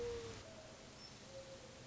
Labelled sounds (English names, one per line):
Mourning Dove